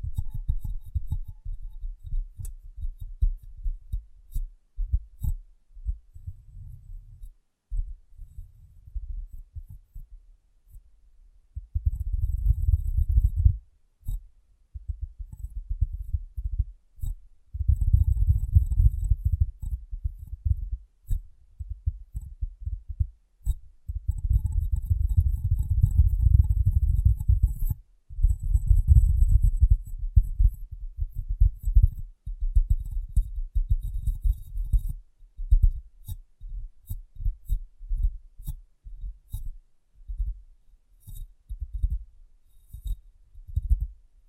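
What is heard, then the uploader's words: Tapping and cleaning on a glass brain gives dull, low thumps in irregular runs, thickening into busy rubbing stretches midway, with faint hiss. ASMR Glass Brain Tapping & Cleaning (No Talking).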